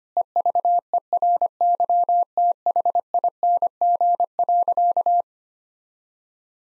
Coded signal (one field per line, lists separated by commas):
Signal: Morse code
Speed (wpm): 25 wpm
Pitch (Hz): 700 Hz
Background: none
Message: EVERYTHING.